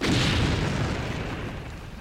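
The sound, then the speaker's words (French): A car being deliberately blown up: one loud, broad blast with deep low rumble that slowly decays over two seconds, with no voices. “Il est obligé de faire sauter sa voiture.”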